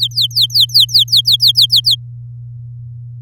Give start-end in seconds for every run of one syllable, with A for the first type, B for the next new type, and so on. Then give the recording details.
0.00-1.95 A. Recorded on 9 May 2018 at 06:12. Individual llb16